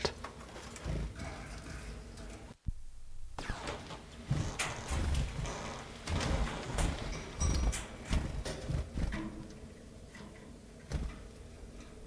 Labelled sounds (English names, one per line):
Common Chiffchaff